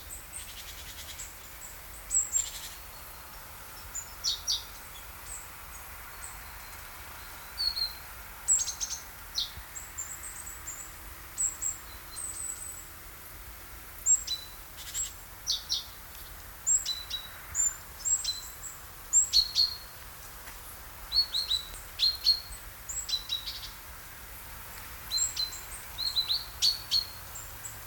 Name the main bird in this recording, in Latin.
Parus major